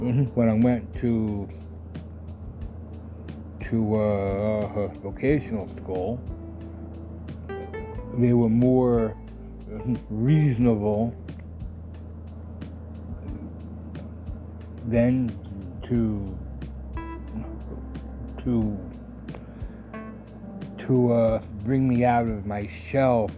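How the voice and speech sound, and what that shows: A low-pitched adult male voice speaks haltingly, with repeated, stretched starts on 'to' and 'the' and long silent blocks of up to several seconds between words. These repetitions, prolongations and blocks are typical of stuttering, present his entire life since birth, occurring on some words and sometimes uncontrollable, in a man who was a high forceps delivery.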